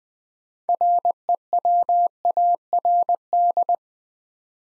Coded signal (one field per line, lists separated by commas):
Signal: Morse code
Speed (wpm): 20 wpm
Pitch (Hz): 700 Hz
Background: none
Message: REWARD